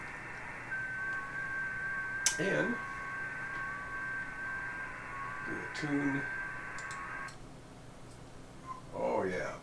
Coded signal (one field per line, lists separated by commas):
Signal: FT8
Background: speech